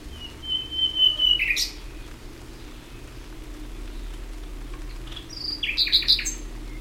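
Common nightingale song: a drawn-out clear whistle ends in a sharp note; after a quiet gap, a few loud clipped notes follow.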